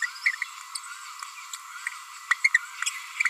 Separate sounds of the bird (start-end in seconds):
0.02-0.06, 0.26-0.31, 1.53-1.55, 2.31-2.33, 2.44-2.48, 2.54-2.58